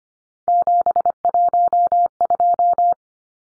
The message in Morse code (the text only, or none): 712